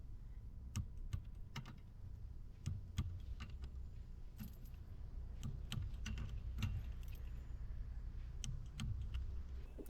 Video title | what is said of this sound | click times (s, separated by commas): One Camaro, Three Timing Chains, Four Camshafts. Is It Worth Camming a V6 Camaro? | yeah, satisfying clicks. | 0.8 s, 5.7 s, 8.4 s